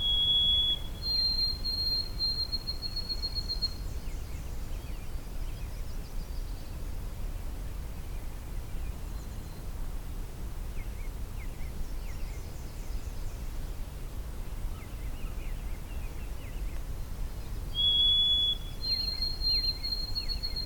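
Outdoors on a morning hike through a nature preserve, a steady low rumble and hiss fills the whole clip. A bird gives a clear, high two-part whistle near the start and again around seventeen seconds, with faint chirps scattered in between.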